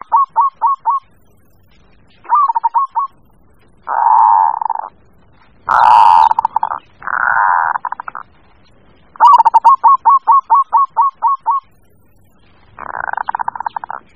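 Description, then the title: Bird calling: rapid series of short chirps alternating with longer buzzy, rattling bursts, in bouts separated by short silences. "manuk campur"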